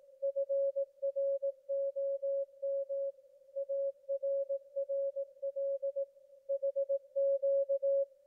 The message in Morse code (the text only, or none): FROM ARRL HQ